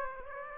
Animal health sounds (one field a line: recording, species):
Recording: mosquito wingbeat signal from an infrared sensor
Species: Aedes aegypti